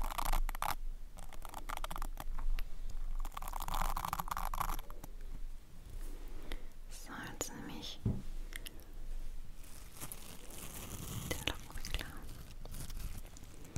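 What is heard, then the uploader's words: Scratching and rubbing against a microphone, made of dense, rough scraping strokes with sharp clicks and thumps scattered throughout. The texture shifts from grainy, bright rasping in the first five seconds to heavier rubbing and crunching later, with a low rumble underneath. Mic Scratching. In dieser Folge erzeuge ich mit meinem Mikrofon Schutz Kratzgeräusche.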